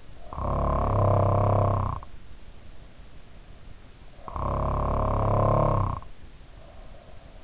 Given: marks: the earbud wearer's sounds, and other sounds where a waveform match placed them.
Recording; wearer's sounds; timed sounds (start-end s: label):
sounds in sleep by an in-ear microphone; snoring breath
0.10-2.07 s: snoring breath
4.42-7.44 s: snoring breath